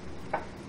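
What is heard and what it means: An automatic shift lever, sitting in a gear with its button released, is pushed and clicks as it drops into its gate detent at 0.3 seconds. The single short, bright click rises above a low steady background hiss. The click shows the lever was not fully in its gate position until pushed, which means the shift linkage ratio or adjustment is wrong.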